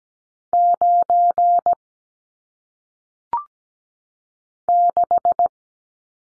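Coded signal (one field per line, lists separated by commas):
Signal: Morse code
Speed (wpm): 17 wpm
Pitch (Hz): 700 Hz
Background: none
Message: 9 6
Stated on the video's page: Single-digit number head-copy drill at 17 wpm, each sent in Morse, spoken, then sent again.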